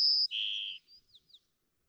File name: White-crowned Sparrow